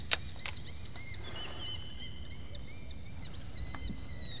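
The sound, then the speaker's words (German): Thin, high whistling calls from hawks, probably goshawks, repeat in long drawn-out strokes over a steady low rumble, with a couple of sharp knocks at the start. “Diese verdammten Vögel. Als würden sie uns belauern. Das sind vermutlich Habichte.”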